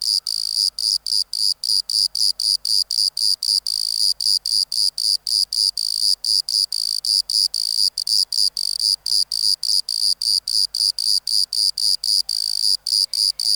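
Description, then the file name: Bordeaux cricket song: short, high, ringing chirps repeated steadily about four times a second without pause. "Modicogryllus bordigalensis"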